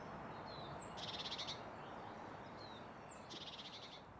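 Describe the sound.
Blue Tit giving two short, high chirring rattles about two seconds apart, each with a thin whistle before it, over steady hiss.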